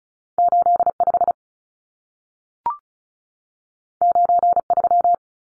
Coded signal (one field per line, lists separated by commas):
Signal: Morse code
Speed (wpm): 36 wpm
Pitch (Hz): 700 Hz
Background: none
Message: 85 93